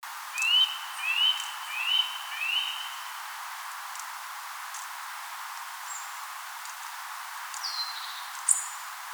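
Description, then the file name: Eurasian nuthatch calls: four quick upslurred whistles at the start, then quiet, with faint high notes from other birds later. "Sitta europaea"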